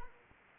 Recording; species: mosquito wingbeat signal from an infrared sensor; Anopheles arabiensis